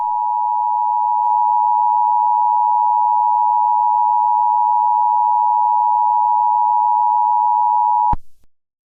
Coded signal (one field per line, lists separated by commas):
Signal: Emergency Alert System (SAME) tones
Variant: 853 and 960 Hz attention tone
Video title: EAS Scenario: Nick Jr. UK Nuclear Attack Broadcast (2005-2010)